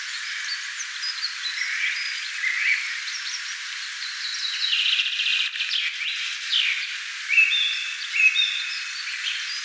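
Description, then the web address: Song thrush singing: varied whistled phrases over a steady hiss. First song of this spring, recorded 25 April 2025. "paivat 25 4 2025 ensimmaisen laulurastaan laulua tana kevaana"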